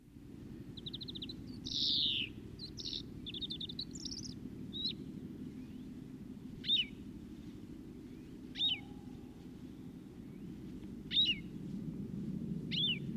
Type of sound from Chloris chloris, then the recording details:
song. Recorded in the wild. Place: Kaiserslautern, Rheinland-Pfalz, DE. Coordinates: 49.4358, 7.8376. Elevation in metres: 292. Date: 1977-03-01. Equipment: Nagra IV, Sennheiser MKH 405, Parabolreflektor. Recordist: Tretzel, Erwin. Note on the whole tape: Alte Denkmalbuche, Kaiserslautern: Gesang, dann Rätschen